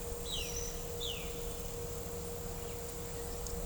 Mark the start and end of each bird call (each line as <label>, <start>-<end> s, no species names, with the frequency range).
bird call (1.8-4.4 kHz), 0.04-1.40 s